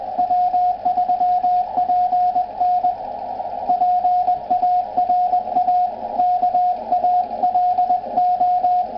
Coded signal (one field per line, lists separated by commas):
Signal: Morse code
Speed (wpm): 20 wpm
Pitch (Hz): 720 Hz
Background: radio noise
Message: W3PN PARA KALO